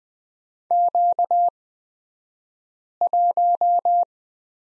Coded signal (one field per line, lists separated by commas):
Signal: Morse code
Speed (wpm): 20 wpm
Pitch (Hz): 700 Hz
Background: none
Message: Q1